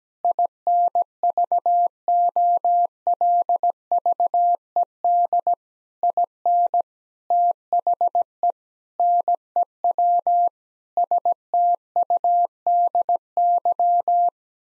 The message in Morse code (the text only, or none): INVOLVED IN THE NEW STUDY